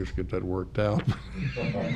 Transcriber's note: laughing